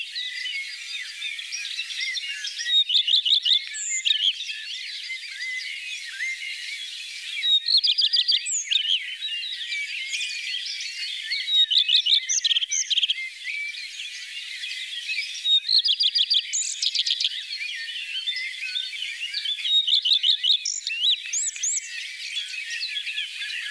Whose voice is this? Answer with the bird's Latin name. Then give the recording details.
Phoenicurus phoenicurus. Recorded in the wild. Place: Oberrotweil am Kaiserstuhl, Baden-Württemberg, DE. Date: 1988-05-12. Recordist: Schwarz, Dieter. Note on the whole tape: Song